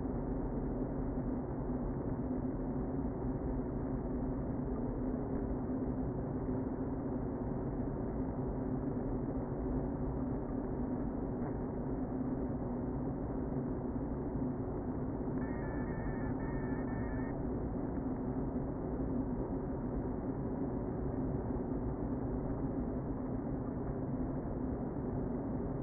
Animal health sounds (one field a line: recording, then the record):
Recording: honeybee colony, microphone inside the hive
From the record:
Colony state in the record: queen present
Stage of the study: before two queens were removed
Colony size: about 60,000 bees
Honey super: yes